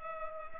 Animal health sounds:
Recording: mosquito wingbeat signal from an infrared sensor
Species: Culex pipiens

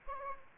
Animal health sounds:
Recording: mosquito wingbeat signal from an infrared sensor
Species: Anopheles arabiensis

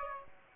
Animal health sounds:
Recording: mosquito wingbeat signal from an infrared sensor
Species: Aedes aegypti

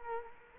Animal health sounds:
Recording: mosquito wingbeat signal from an infrared sensor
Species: Culex quinquefasciatus

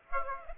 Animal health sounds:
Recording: mosquito wingbeat signal from an infrared sensor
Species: Aedes aegypti

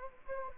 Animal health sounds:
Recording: mosquito wingbeat signal from an infrared sensor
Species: Anopheles gambiae

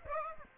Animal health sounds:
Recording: mosquito wingbeat signal from an infrared sensor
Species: Aedes aegypti

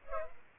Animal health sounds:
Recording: mosquito wingbeat signal from an infrared sensor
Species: Culex pipiens

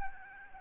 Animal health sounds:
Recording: mosquito wingbeat signal from an infrared sensor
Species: Aedes albopictus

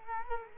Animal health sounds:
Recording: mosquito wingbeat signal from an infrared sensor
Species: Culex quinquefasciatus

